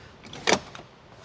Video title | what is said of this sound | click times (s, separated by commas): 2016 Axis A22 Walk-Thru Inspection with Inland Boat Company | locks into place so that you can actually | 0.5 s